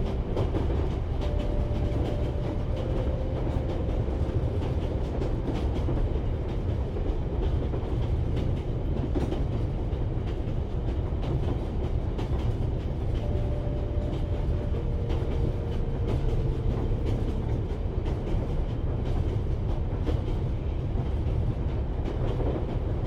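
Interior sound of a long-distance train journey: a loud, steady, dense low rumble that never lets up. Faint whining tones drift in twice, early on and again around the middle, and soft clicks from the track pass by now and then.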